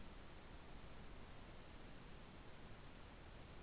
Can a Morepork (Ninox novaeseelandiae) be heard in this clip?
no